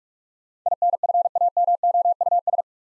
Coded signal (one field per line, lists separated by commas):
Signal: Morse code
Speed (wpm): 44 wpm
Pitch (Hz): 700 Hz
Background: none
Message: INFAMOUS